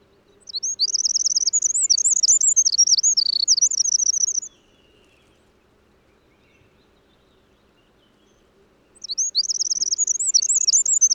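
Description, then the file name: Eurasian wren delivering two vigorous high-pitched trilling songs, the first about four seconds long, then roughly four seconds of quiet before the second begins. "Troglodytes troglodytes"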